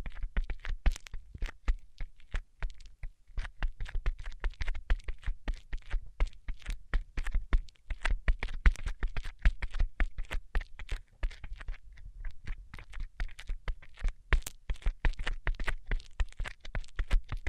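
Rapid, dense tapping clicks sharp and bright without letup, clustered in quick bursts with brief lulls around three, eight and eleven seconds.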